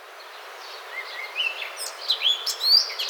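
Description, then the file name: Eurasian blackcap song phrase: a few soft notes lead into sharp, sweet whistles and high squeaks toward the end. "Sylvia atricapilla"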